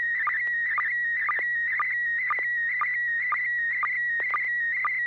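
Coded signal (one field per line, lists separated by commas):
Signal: SSTV (slow-scan television)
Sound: warbling high tone around 2 kHz with quick regular low blips, about two per second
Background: low mains hum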